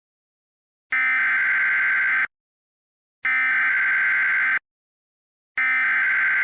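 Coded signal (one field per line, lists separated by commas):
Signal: Emergency Alert System (SAME) tones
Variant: header bursts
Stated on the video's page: Simulated EAS scenario for a fictional supercell, using valid EAS tones.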